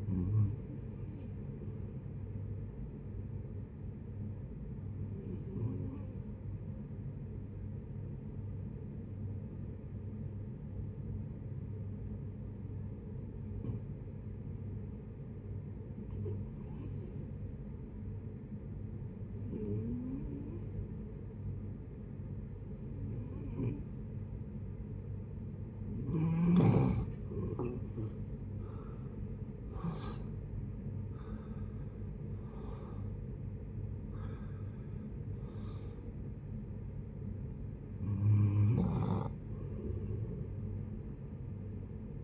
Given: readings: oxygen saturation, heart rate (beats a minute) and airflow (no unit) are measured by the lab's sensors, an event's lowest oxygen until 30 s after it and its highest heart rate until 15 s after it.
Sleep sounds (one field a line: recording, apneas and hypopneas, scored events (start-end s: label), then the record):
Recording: breathing in sleep by a smartphone at the bedside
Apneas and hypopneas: 1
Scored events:
3.00-25.00 s: hypopnea (REM, oxygen 93% highest, then 79% lowest, heart rate 78 at the start, 83 highest)
From the record:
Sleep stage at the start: REM sleep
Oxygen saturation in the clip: 67 to 93%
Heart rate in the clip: 41 to 83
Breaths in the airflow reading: 12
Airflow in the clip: -15.3 to 11.6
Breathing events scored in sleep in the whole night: 496 in 5.4 hours asleep